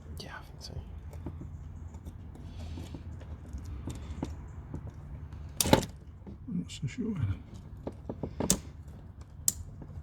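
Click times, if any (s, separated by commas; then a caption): 9.5 s. An electrical wiring connector is pushed onto the new heater control valve solenoid on a Ford KA until it latches with a sharp click at 9.5 seconds. Someone talks quietly throughout, and there are smaller knocks and taps along the way, including a loud one near 5.6 seconds. The connector is confirmed fully seated.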